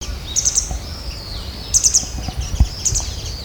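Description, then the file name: Grey wagtail calls: sharp, high metallic notes in quick clusters of two or three, repeated a little over a second apart over a faint low rumble. "kisekirei"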